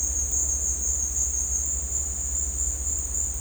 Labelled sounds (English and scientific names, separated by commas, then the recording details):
none
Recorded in dense forest near Puerto Asís, Putumayo, Colombia, on 18 December 2024 at 16:00
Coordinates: 0.466, -76.327
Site G075